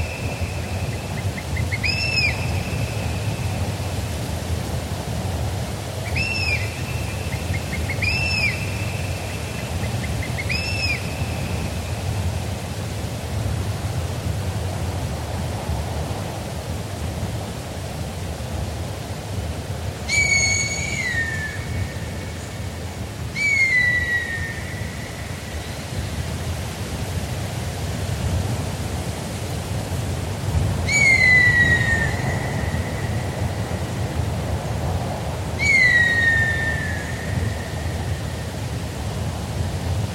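A steady wind rushes through the forest trees, a constant low roar under everything. Over it, birds of prey call: short, clipped whistles in the first eleven seconds, then four longer, drawn-out screams sliding downward, spaced several seconds apart and ringing slightly.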